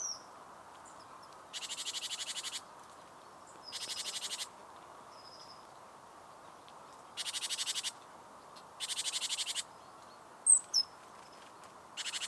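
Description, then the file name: Great tit harsh rattling calls, five dry buzzy bursts at irregular gaps, with brief thin whistles and a couple of sharp chips in between. "Parus major"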